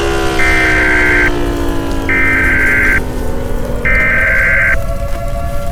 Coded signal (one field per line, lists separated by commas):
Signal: Emergency Alert System (SAME) tones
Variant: header bursts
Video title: EAS Simulation: The Oort Cloud Reckoning – Earth’s Final Broadcast